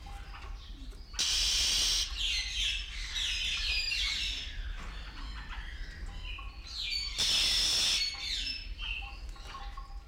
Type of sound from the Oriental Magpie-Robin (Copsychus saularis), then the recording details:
call. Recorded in captivity. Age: adult. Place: Zoo Berlin, Berlin, DE. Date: 1993-01-01 10:20. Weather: sonnig, -5°C. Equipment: Marantz CP 430, Sennheiser ME 80, Kopie Uher Variocord 263. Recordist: Tembrock, Günter